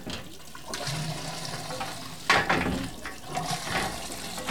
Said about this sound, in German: wohin fließt eigentlich all das Wasser? Das Wasser fließt in unseren Waldbach. Und unser Waldbach, wohin fließt der? Er fließt in einen größeren Bach.